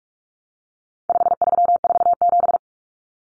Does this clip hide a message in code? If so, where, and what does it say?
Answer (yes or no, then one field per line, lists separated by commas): yes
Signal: Morse code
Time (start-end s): 1.1-2.6 s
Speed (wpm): 44 wpm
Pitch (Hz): 700 Hz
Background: none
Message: 5347